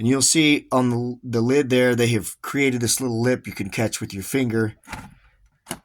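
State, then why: Released. Someone talks while catching the small lip on the sliding acrylic lid of a Herpcult tarantula enclosure with a finger. At 5.7 s the lid is pulled free of its holding magnets with a sharp tick, releasing it so it slides right out.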